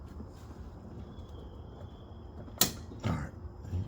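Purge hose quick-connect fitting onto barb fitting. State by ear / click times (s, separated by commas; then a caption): seated / 2.6 s. On a Focus ST's custom upgraded purge line, the metal quick-connect fitting on the purge hose is pushed onto a barb fitting until its retaining clip snaps over the barb. After quiet low background noise, a sharp bright snap comes at 2.6 s, followed by softer handling sounds around 3.1 s and 3.7 s. The fitting is seated.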